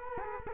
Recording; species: mosquito wingbeat signal from an infrared sensor; Culex quinquefasciatus